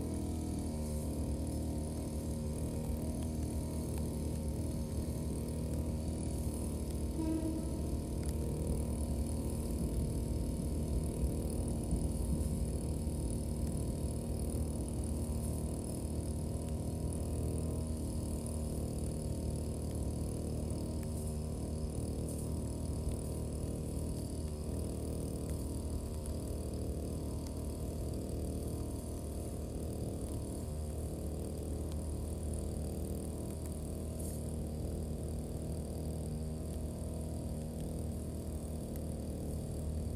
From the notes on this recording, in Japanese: 草刈り機でネギの列、そして畑まわりを刈っていきます。